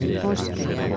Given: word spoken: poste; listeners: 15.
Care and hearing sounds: one Spanish word in noise, from a listening test; eight-talker babble; -2.0 dB; 1 of 15; 9 of 15; 0.57 s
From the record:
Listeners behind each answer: 9, 1, 1, 1, 1, 1, 1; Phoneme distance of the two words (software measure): 30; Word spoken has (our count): 2 syllables, 5 phonemes, stress on syllable 1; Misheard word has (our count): 2 syllables, 5 phonemes, stress on syllable 1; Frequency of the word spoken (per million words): 4.89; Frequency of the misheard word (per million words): 31.96

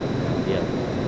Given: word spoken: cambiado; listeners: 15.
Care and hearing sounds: one Spanish word in noise, from a listening test; speech-shaped noise; -6.2 dB; 0 of 15; 6 of 15; 0.68 s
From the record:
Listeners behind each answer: 6, 2, 1, 1, 1, 1, 1, 1, 1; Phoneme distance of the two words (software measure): 17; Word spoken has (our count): 3 syllables, 8 phonemes, stress on syllable 2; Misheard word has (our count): 2 syllables, 7 phonemes, stress on syllable 2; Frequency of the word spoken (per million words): 39.04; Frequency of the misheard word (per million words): 76.32

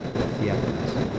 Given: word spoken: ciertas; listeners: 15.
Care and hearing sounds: one Spanish word in noise, from a listening test; noise modulated by three-talker babble; -6.7 dB; 0 of 15; 8 of 15; 0.79 s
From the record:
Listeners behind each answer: 8, 3, 1, 1, 1, 1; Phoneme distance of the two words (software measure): 20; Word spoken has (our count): 2 syllables, 7 phonemes, stress on syllable 1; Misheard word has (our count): 2 syllables, 7 phonemes, stress on syllable 1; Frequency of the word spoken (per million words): 59.67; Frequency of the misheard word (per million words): 60.86

